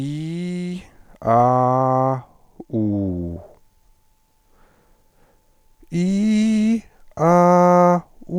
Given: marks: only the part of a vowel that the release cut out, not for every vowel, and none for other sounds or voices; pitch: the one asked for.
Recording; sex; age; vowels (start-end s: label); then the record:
sustained vowels; male; 40 to 49 years
0.00-0.72 s: vowel /i/, normal pitch
1.38-2.13 s: vowel /a/, normal pitch
2.77-3.32 s: vowel /u/, normal pitch
6.00-6.71 s: vowel /i/, high pitch
7.27-7.95 s: vowel /a/, high pitch
From the record:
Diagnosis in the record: stuttering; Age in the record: 45 years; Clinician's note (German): Stroboskopischer Normalbefund